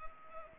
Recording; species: mosquito wingbeat signal from an infrared sensor; Culex pipiens